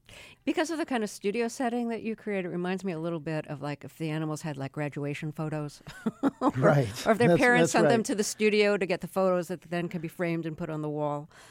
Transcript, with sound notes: Because of the kind of studio setting that you create, it reminds me a little bit of, like, if the animals had, like, graduation photos (laughter)...
Right. That's right.
...Or if their parents sent them to the studio to get the photos that then can be framed and put on the wall,